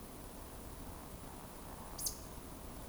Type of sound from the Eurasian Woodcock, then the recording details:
whistle, croak. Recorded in Baden-Württemberg, Germany, on 25 June 2020 at 20:22 UTC. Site 24578, 122 m above sea level